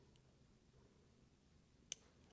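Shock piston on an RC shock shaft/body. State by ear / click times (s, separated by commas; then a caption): seated / 1.9 s. While building the shocks for an Axial AXI90075 SCX10 II UMG10 4WD kit RC truck, a small piston part with grooves cut around its side for shock fluid to pass is pressed again onto the shock shaft/body because it was not fully home. After a faint tick at 0.2 s and quiet low background, one sharp, loud click at 1.9 s marks the piston seating fully.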